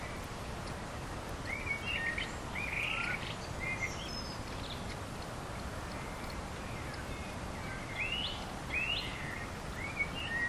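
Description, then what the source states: Bird song: a few brief whistled and slurred phrases, some rising, in two clusters, set against a steady hiss of background noise. Recorded on a summer evening.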